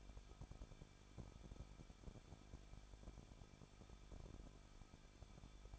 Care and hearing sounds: daily activity, microphone in the room; no activity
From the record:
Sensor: 5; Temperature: 20.8 degrees Celsius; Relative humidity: 38.3%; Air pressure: 1006.6 hPa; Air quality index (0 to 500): 185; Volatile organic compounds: 17 ppm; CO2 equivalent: 2588 ppm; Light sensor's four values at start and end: 2/3/1/1 and 2/3/1/1

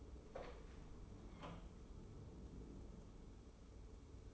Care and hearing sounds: daily activity, microphone in the room; open door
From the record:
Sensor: 1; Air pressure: 1015.2 hPa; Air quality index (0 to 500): 106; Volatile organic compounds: 3 ppm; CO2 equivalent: 1434 ppm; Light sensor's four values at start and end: 14/33/14/15 and 14/33/14/15

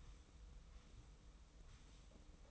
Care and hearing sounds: daily activity, microphone in the room; sweep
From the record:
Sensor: 1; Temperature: 25.3 degrees Celsius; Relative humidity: 44.0%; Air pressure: 990.5 hPa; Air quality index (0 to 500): 177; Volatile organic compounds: 1000 ppm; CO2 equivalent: 6527 ppm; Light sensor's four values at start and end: 29/67/28/31 and 29/67/28/31

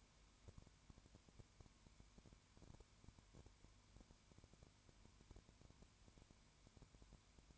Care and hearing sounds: daily activity, microphone in the room; no activity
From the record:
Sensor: 2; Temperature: 20.0 degrees Celsius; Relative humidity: 32.1%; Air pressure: 1001.1 hPa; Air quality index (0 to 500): 55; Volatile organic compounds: 1 ppm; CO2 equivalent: 604 ppm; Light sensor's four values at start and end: 2/3/2/2 and 2/3/2/2

